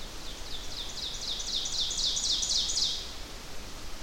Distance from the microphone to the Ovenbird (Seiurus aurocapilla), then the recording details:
about 40 m. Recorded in boreal forest in Alberta, Canada, on 12 June 2016 at 07:01. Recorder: SongMeter 3, array SBT-3-18. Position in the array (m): 246 m, 97 m. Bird 31